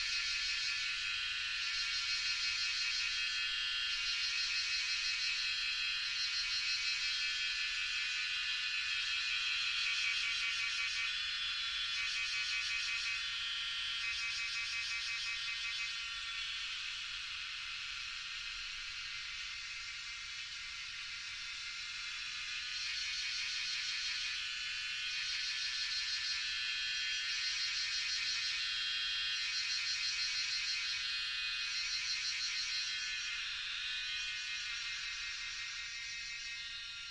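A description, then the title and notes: Loud cicadas in Doi Suthep national park, Thailand, drone in a dense, continuous chorus at sunset. The high, buzzing sound holds steady for the whole stretch, swelling and easing slightly in waves, with a brief dip around the twenty-second mark. Little else is heard beneath it. Recorded with the exceptional Lewitt Subzero microphone. Extremely loud cicadas during sunset, as their mesmerizing chorus fills the air in Doi Suthep national park, Thailand. Recorded by Marcel Gnauk.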